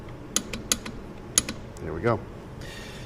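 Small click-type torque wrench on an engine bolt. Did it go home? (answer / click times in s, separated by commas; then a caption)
yes / 1.4 s. A small click-type torque wrench set to 20 ft-lb tightens a bolt on an Onan 5HGJAD generator engine, with sharp ratcheting ticks near 0.4 s and 0.7 s before the wrench clicks at its setting at 1.4 s. The click is a little louder than the earlier ones but still quieter than a half-inch torque wrench, and someone talks briefly afterward.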